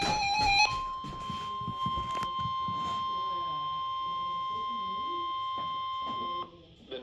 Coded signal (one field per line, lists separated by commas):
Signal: Emergency Alert System (SAME) tones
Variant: 1050 Hz attention tone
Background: speech, music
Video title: EAS Capture: Another SVR